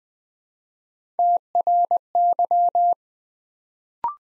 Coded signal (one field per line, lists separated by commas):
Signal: Morse code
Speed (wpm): 20 wpm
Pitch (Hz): 700 Hz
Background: none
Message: TRY